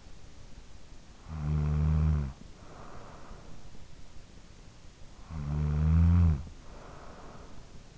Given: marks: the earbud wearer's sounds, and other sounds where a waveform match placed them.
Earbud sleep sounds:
sounds in sleep by an in-ear microphone; snoring breath
0.98-3.72 s: snoring breath
4.80-7.98 s: snoring breath

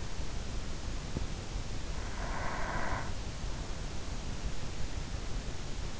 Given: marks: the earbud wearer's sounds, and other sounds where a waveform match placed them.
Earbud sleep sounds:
sounds in sleep by an in-ear microphone; breath
1.92-3.88 s: breath

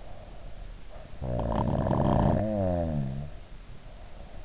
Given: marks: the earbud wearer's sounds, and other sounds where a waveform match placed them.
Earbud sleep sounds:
sounds in sleep by an in-ear microphone; snoring breath
0.94-3.39 s: snoring breath

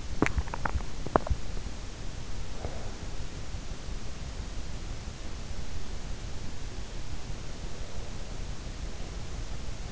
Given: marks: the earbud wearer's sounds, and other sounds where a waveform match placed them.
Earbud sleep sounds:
sounds in sleep by an in-ear microphone; teeth grinding, breath
0.00-1.33 s: teeth grinding
2.61-3.34 s: breath

